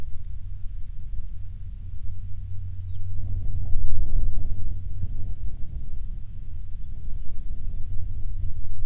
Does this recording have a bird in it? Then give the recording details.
yes. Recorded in the Prudhoe Bay oil fields, Alaska, on 21 June 2019 at 09:42. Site 22